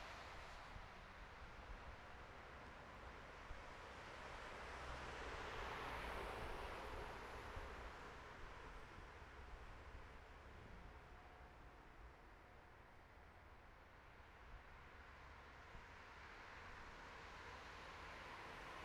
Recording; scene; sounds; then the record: everyday scene through a hearing-aid microphone; in traffic; traffic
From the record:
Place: bus stop on a city main road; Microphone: behind the ear, right, front